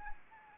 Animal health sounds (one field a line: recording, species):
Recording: mosquito wingbeat signal from an infrared sensor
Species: Anopheles arabiensis